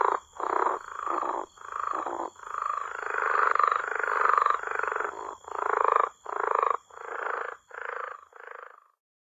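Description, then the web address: Rio Grande Leopard Frog calling in a rapid string of rough, chuckling croaks that run together in the middle. North America. "Songs of Frogs Toads of North America. Rio Grande Leopard Frog"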